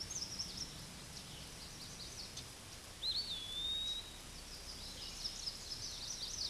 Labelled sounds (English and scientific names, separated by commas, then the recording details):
Eastern Wood-Pewee (Contopus virens) song
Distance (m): 20 m
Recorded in a Pennsylvania forest on 18 May 2023 at 13:39
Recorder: AudioMoth, point grid1_39_low
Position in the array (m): 203 m, 175 m